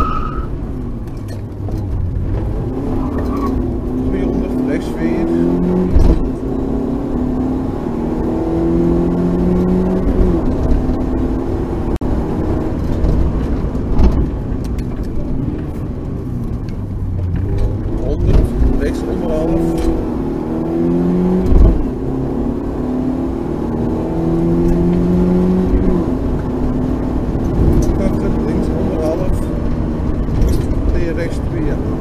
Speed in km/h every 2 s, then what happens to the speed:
27, 44, 58, 72, 86, 96, 69, 35, 27, 48, 63, 75, 86, 93, 93, 92.
0-11 speeds up to 96. 11-15 brakes to 27. 16-26 speeds up to 93. 26-32 steady at about 93.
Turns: 13-16.